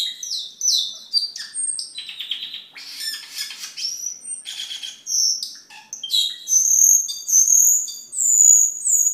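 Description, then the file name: Camperling song, a rich medley of chirps, buzzy trills and rattles building into clear high whistled phrases toward the end, delivered almost without a break. "camperling omkicau"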